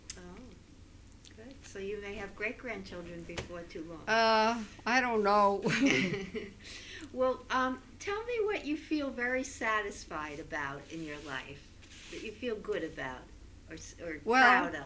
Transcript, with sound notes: Oh. Good. So you may have great grandchildren before too long.
I don't know. (they laugh)
Well, tell me what you feel very satisfied about in your life, that you feel good about, or, or proud of.